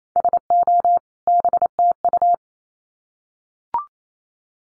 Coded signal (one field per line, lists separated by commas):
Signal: Morse code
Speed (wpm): 28 wpm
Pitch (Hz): 700 Hz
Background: none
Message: SO BTU